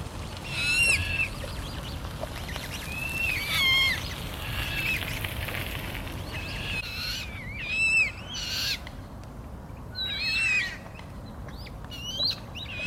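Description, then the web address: Eurasian coot young giving thin, wavering whistled peeps, several overlapping and bending up and down, repeated in bursts over steady background noise. Young birds. "linnut nokikana nuoret"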